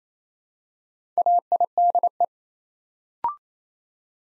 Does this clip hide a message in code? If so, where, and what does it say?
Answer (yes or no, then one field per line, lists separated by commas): yes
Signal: Morse code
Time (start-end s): 1.2-2.2 s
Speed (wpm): 27 wpm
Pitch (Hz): 700 Hz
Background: none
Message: AIDE